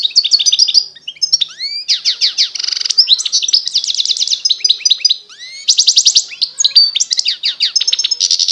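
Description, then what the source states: European goldfinch song, dense and unbroken: rapid liquid twitters, upward and downward slurred notes and several harsh, buzzy trills woven through the phrase. Wild bird.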